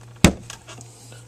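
A fuel injector is pushed a second time into a cleaning adapter and gives a loud, sharp click at 0.3 s, followed by a few faint ticks. The injector clicks fully home and seats, with the end of the pintle now sticking through.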